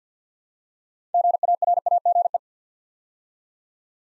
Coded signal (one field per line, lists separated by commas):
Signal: Morse code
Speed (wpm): 48 wpm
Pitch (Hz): 700 Hz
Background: none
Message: GARAGE